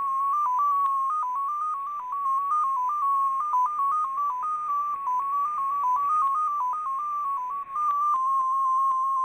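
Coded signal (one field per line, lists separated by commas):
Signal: numbers station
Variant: XPA2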